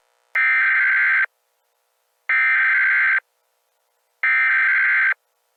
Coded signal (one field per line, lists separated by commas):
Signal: Emergency Alert System (SAME) tones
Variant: header bursts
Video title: Eas scenario: furries